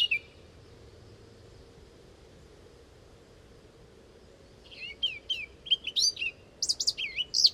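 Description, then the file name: Eurasian blackcap song: a brief note, several quiet seconds, then a quick sequence of bright whistled and twittering notes building toward the end. "Sylvia atricapilla"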